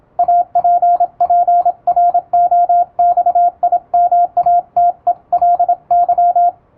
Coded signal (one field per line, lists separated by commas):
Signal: Morse code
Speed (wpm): 26 wpm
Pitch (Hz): 700 Hz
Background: radio noise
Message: APPROXIMATELY